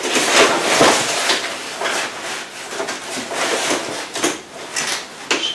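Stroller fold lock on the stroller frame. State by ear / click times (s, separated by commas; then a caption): not seated / none. A Peg Perego Easydrive compact stroller is being folded by hand, with the fold handle reached for and the frame worked into position before being pressed so the fold lock on the stroller frame engages. Rustling, rattling handling noises of the frame are heard throughout. Nothing has seated or clicked yet.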